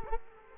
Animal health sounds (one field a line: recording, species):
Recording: mosquito wingbeat signal from an infrared sensor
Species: Culex quinquefasciatus